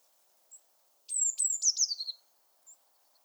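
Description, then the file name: Eurasian blue tit call: a short high note, then a descending buzzy trill of quick notes, and one more faint high note after it. "Cyanistes caeruleus"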